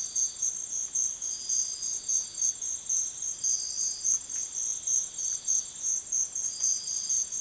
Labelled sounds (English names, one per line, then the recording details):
none
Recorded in dense forest near Puerto Asís, Putumayo, Colombia, on 18 February 2024 at 05:30
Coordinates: 0.505, -76.324
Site G6467